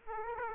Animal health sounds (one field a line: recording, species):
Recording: mosquito wingbeat signal from an infrared sensor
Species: Aedes aegypti